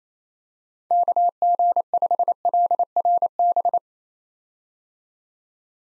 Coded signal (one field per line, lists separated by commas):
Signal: Morse code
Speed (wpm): 28 wpm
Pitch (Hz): 700 Hz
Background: none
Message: KG5LRB